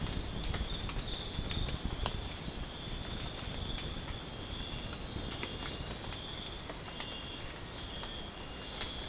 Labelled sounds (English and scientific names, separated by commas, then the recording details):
none
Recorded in pastures near Puerto Asís, Putumayo, Colombia, on 25 June 2025 at 05:30
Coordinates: 0.496, -76.326
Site GP01